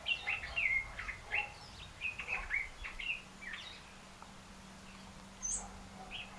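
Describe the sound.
African red-eyed bulbul chirps, several quick slurred notes early on that thin out, with a faint low hum and one sharp high note later.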